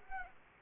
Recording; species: mosquito wingbeat signal from an infrared sensor; Aedes aegypti